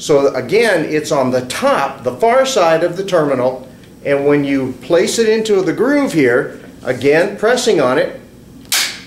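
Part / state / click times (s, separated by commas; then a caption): wire punched into a 110 block terminal with an impact punchdown tool / seated / 8.7 s. A wire is punched into a 110 block terminal with an impact punchdown tool, its blade placed in the terminal's groove and pressed. Someone talks throughout, then at 8.7 s the tool fires with a sharp snap that seats the wire and cuts it off.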